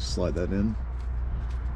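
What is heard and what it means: Someone talks over a steady low background hum while the black wire's terminal is being slid into the top cavity of the shift motor connector housing on a Ford F-150 transfer case. The clip is still at the handling stage, and nothing has seated or clicked yet.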